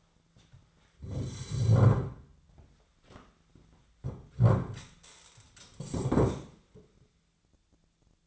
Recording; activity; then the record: daily activity, microphone in the room; sit down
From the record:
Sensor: 3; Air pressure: 1008.0 hPa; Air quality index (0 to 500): 192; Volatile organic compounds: 14 ppm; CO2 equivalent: 2463 ppm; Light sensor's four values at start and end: 12/29/12/12 and 12/29/12/12